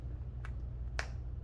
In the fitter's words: you will hear an audible click at this point